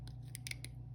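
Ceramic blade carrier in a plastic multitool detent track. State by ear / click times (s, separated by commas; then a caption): not seated / none. A ceramic blade carrier is slid along the detent track of a non-metallic, 3D-printed plastic multitool. It makes a series of short, soft ratcheting clicks against a steady low hum. The carrier is still being handled and nothing has seated or snapped into place yet.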